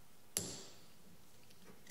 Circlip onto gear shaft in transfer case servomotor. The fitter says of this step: It should audibly click into place when correctly seated.